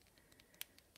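A second swappable plastic hand is pushed onto the wrist peg of a WWE Ultimate Edition Jeff Hardy action figure's arm, with faint small ticks and scrapes around it. A sharp, bright click at 0.6 s marks the hand seating onto the peg.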